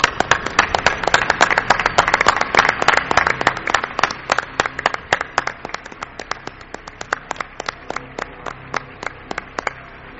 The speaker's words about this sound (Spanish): Yo también quiero ese aplauso, ¿no?, para otra pata importante de la nave del misterio.